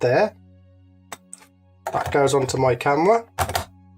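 A lens fitted with a Pentax K mount adapter is handled against a camera body's bayonet mount, lined up by the red marker before being twisted on. Someone talks, with faint handling sounds at about 1.1 and 1.3 seconds. The clip ends before the lens goes home, and nothing has seated or clicked yet.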